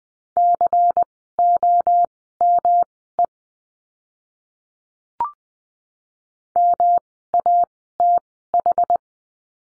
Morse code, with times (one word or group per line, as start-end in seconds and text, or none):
0.4-3.3 COME
6.6-9.0 MATH